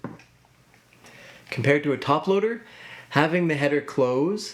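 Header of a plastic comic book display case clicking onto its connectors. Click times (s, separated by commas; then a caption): 0.0 s. The plastic header of a rigid comic book display case is pressed closed onto its connectors and snaps shut with a sharp click at 0.0 s, seating securely. A few faint ticks follow, then someone talks for the rest of the clip.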